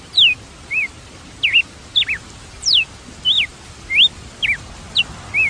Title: Galo de Campina